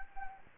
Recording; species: mosquito wingbeat signal from an infrared sensor; Anopheles gambiae